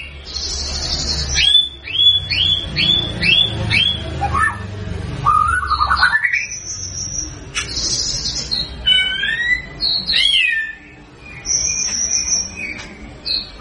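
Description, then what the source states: White-rumped shama song: a series of sharp slurred whistles, rising and falling clear notes, high thin trills and sweet whistled phrases over low background hum. Lure song meant to make birds respond; gacor, meaning singing continuously and energetically.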